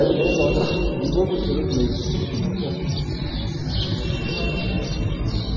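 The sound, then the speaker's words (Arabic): Sparrows chirp overhead in a busy, overlapping chatter of short high tweets, running steadily over a constant low rumble of background noise throughout. “العصافير دي تبعكم ولا نطردها برا؟ فرحانة بالدرس يعني، فوقنا عصافير الحمى يعني، عصافير الجنة إن شاء الله.”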